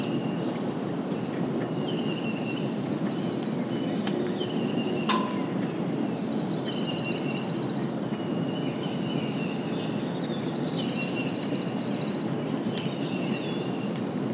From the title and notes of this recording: Early Morning Rainstorm. It was the tailend of a rainstorm and the wildlife was active. You’ll mostly hear a variety of song birds, the undertones of rolling thunder, and gentle rain blowing through.